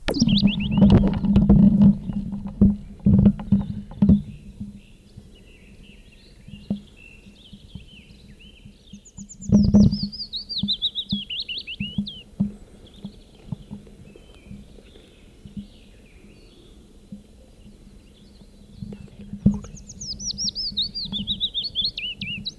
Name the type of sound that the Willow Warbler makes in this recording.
song